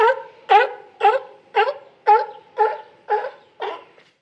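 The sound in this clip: Sea lion barking: eight hoarse, harmonic barks repeated evenly about twice a second, each sharp at the start and then fading.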